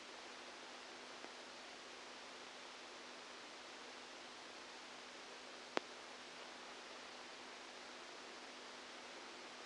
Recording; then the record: brain microelectrode recording played as sound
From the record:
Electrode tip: outside the subthalamic nucleus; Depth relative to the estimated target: -10 mm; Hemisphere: left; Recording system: NeuroSet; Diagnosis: Parkinson's disease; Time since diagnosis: 12 years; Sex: male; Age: 61 years